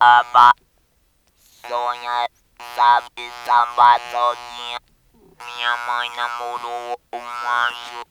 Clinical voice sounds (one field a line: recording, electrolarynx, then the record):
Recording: speech with an electrolarynx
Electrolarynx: conventional device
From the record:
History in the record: total laryngectomy